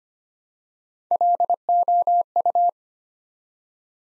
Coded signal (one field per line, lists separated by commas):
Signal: Morse code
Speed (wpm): 25 wpm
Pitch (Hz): 700 Hz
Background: none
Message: LOU